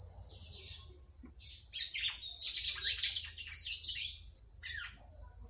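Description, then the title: Red-cowled cardinal song: a few soft chirps, then a loud tumbling phrase of high warbled notes and a falling note near the end, over a low hum. "Galo De Campina"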